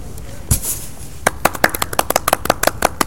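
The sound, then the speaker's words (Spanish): A small group of passengers on an airplane breaks into applause, uneven sharp claps rattling along for a couple of seconds after a brief quiet start with a single soft thump. “y después todos en el avión empiezan a aplaudir.”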